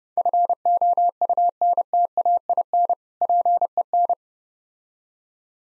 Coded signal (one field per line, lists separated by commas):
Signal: Morse code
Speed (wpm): 31 wpm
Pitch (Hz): 700 Hz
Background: none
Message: FOUNTAIN PEN